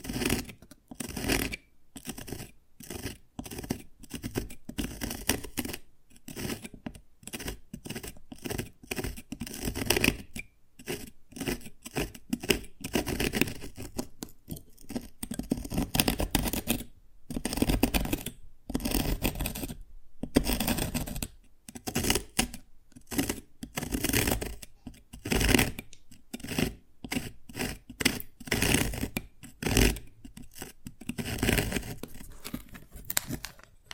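Tapping and cracking on dalgona candy, a dense run of short, sharp clicks and scrapes that continues without a break for the whole clip. The hits come quickly and unevenly, some in tight clusters with tiny gaps between them, with a low thump under many strikes.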